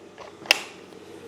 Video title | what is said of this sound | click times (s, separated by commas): Setup Your Fluval FX2 in 30 Minutes or Less, Guaranteed! | That's how you know the Aquastop valve is in and locked. | 0.5 s